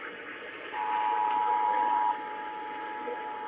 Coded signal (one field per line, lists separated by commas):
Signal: Emergency Alert System (SAME) tones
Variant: 853 and 960 Hz attention tone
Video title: THE 2023 PREMIERE! (EAS Compilation) EAS Alerts from 1/9 - 1/10/2023